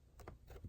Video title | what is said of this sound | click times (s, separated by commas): This should have been standard on all 2018 2019 2020 Honda Accord 1.5t | And then you'll feel it pop. And same thing with this thing. | 0.2 s, 0.3 s